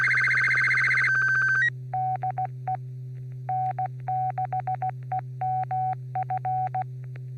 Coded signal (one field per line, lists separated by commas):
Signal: Morse code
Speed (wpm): 16 wpm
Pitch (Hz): 750 Hz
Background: none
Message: DE N6EMF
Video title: N6NA SSTV Net - 06/21/2023